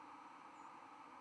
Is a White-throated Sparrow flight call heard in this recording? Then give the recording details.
yes. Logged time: 02:26 on 11 November 2014